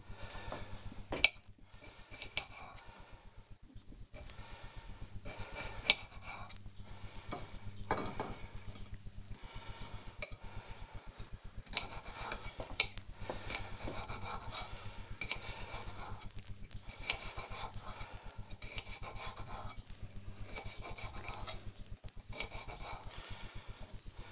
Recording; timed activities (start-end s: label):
household activities, microphone on the right wrist
0.00-24.32 s: cutting vegetables